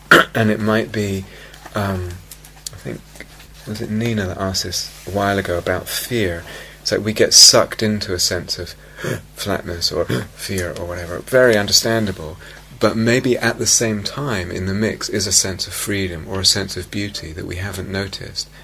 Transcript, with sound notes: And it might be -- I think, was it Nina that asked this a while ago about fear? -- it's like we get sucked into a sense of [gasps] fear or whatever. Very understandable, but maybe at the same time in the mix is a sense of freedom or a sense of beauty that we haven't noticed.